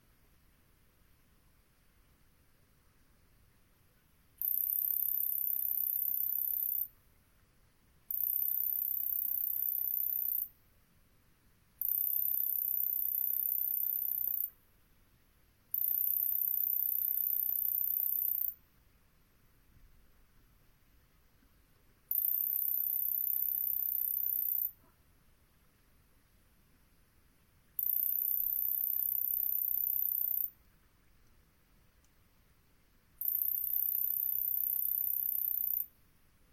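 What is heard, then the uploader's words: A swamp at dusk, where a very high, thin insect trill comes in bursts of two to three seconds, repeating at a steady pace about every five seconds from just after the start. Between bursts the marsh falls nearly silent, with only a faint low hush. Long Swamp, Dusk. The air was still as I sat down to record; the temperature a chill 60ºF/ 15.5ºC, and the moon was expected to be full.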